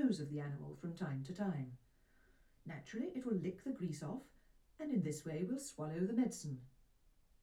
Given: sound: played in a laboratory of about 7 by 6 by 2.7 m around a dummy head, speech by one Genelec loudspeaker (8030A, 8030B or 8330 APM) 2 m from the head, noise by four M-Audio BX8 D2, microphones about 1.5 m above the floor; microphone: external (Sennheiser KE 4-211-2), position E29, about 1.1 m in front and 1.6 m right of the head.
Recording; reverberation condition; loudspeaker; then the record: female speech in English; low; behind (180 degrees)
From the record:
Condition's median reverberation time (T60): about 310 ms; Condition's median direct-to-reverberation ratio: about 3.5 dB